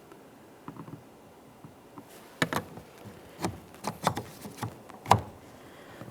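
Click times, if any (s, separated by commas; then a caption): 5.1 s. A specialty window-crank removal tool is pushed down behind the window crank handle on the regulator shaft of a rear door on a 2007-2017 Jeep Patriot to release the handle's spring retaining clip. A series of light ticks and scrapes comes first, with a sharper snap at 2.4 s. A bright click at 5.1 s marks the retaining clip clicking free and releasing.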